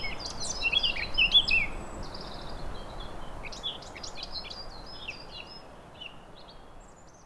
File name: MZ-N 710 Fauvette a ta te noire 23 04 17